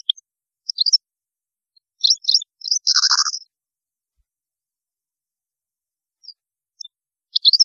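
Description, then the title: European goldfinch song in short scattered twittering bursts, with a buzzy trilled phrase near the middle followed by a long quiet gap. "Chant Chardonneret"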